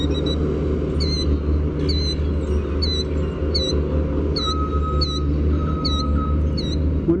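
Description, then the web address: Killdeer calling, a sharp high note repeated roughly every three-quarters of a second over a steady low rumble, with a faint thin tone joining midway. "naturesounds sounds KILL-dee"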